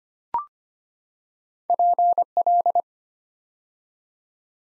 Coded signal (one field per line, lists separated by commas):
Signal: Morse code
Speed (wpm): 25 wpm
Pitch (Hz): 700 Hz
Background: none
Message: PL